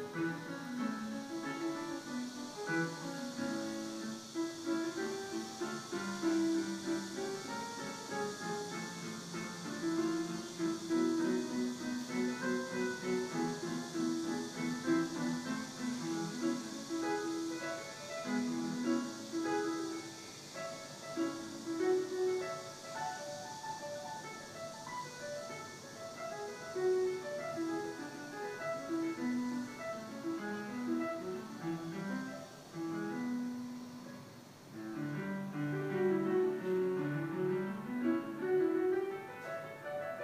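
Piano practice drifts down from the floor above, a steady stream of notes in the middle register with busy runs and repeated phrases. Playing is continuous, easing briefly around the 34-second mark, while a constant faint hiss sits underneath.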